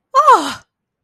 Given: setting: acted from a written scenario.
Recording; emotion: vocal sound without words; negative surprise